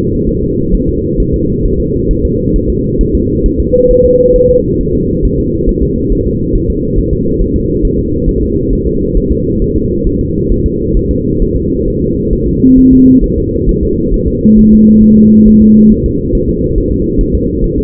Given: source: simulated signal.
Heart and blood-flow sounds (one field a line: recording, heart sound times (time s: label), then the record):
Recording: fetal heart sounds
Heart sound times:
0.29 s: S1
0.44 s: S2
0.75 s: S1
0.89 s: S2
1.20 s: S1
1.34 s: S2
1.66 s: S1
1.80 s: S2
2.11 s: S1
2.25 s: S2
2.56 s: S1
2.70 s: S2
3.01 s: S1
3.15 s: S2
3.46 s: S1
3.60 s: S2
3.91 s: S1
4.05 s: S2
4.36 s: S1
4.50 s: S2
4.81 s: S1
4.95 s: S2
5.25 s: S1
5.39 s: S2
5.69 s: S1
5.83 s: S2
6.12 s: S1
6.27 s: S2
6.56 s: S1
6.70 s: S2
6.99 s: S1
7.13 s: S2
7.42 s: S1
7.56 s: S2
7.85 s: S1
7.99 s: S2
8.29 s: S1
8.43 s: S2
8.73 s: S1
8.87 s: S2
9.17 s: S1
9.31 s: S2
9.62 s: S1
9.76 s: S2
10.07 s: S1
10.21 s: S2
10.52 s: S1
10.66 s: S2
10.97 s: S1
11.11 s: S2
11.42 s: S1
11.56 s: S2
11.88 s: S1
12.02 s: S2
12.33 s: S1
12.47 s: S2
12.79 s: S1
12.93 s: S2
13.24 s: S1
13.38 s: S2
13.69 s: S1
13.83 s: S2
14.14 s: S1
14.28 s: S2
14.59 s: S1
14.73 s: S2
15.04 s: S1
15.18 s: S2
15.48 s: S1
15.62 s: S2
15.92 s: S1
16.06 s: S2
16.35 s: S1
16.49 s: S2
16.78 s: S1
16.92 s: S2
17.21 s: S1
17.35 s: S2
17.64 s: S1
17.78 s: S2
From the record:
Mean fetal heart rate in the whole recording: 135 bpm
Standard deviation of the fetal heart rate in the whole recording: 3 bpm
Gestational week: 36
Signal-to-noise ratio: -10.2 dB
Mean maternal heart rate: 72 bpm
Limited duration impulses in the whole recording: present